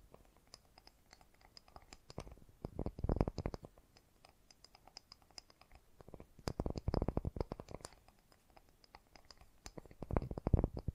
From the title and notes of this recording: ASMR Fast & Gentle Tapping for Sleep 1 Hour (No Talking).